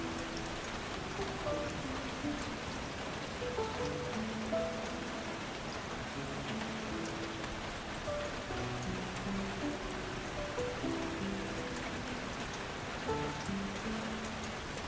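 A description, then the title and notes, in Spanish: Heavy rain pours down in a dense, steady hiss that fills the whole 15 seconds, with scattered sharper drops ticking through it. Beneath it, soft low musical tones drift in and out, changing pitch slowly throughout. LLUVIA Intensa y MÚSICA Relajante. El sonido refrescante de una lluvia intensa, acompañado de suaves armonías musicales.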